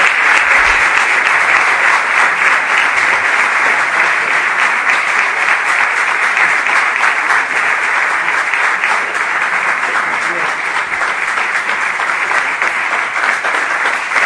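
Sustained audience applause, a dense, steady patter of many hands clapping loudly for the whole stretch with no voices rising above it.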